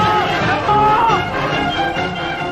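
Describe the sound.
A crowd of soldiers cheers and shouts together at Motianling, celebrating news of victory at Fenghuang Mountain as the division commander and political commissar arrive at the First Battalion's position; a dense, steady roar with overlapping raised voices, holding at a loud, even level throughout.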